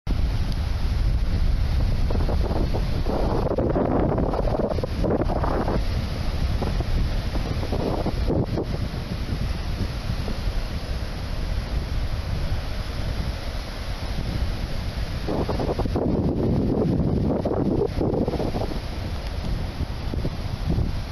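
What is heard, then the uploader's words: Open sea rolling onto a beach, a thick, constant roar with heavy low rumble and wind buffeting the microphone throughout. Waves surge louder and brighter twice, around four to six seconds in and again near fifteen to eighteen seconds, then settle back. A view of the open sea on the beach, very extensive around the coast [Nature & Animals]. All videos are recorded by me, here in Brazil!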